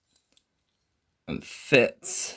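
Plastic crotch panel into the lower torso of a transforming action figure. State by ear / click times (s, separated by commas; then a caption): not seated / none. The plastic crotch panel of a Transformers Legacy Evolution Deluxe class Animated Universe Prowl action figure is swung down and pressed into the bottom of the crotch area of the lower torso during transformation. A few faint, short ticks are heard around 0.2–0.4 s, then someone talks from about 1.3 s. Nothing has seated or clicked yet, so the panel does not click into place and the hold is not very secure.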